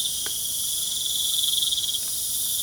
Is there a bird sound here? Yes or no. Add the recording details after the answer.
no. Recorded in pastures near Puerto Asís, Putumayo, Colombia, on 27 June 2025 at 20:00. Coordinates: 0.497, -76.327. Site G040